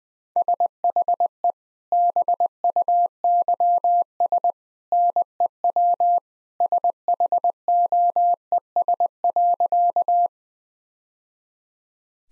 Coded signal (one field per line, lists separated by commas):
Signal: Morse code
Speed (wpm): 21 wpm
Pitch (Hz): 700 Hz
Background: none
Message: SHE BUYS NEW SHOES.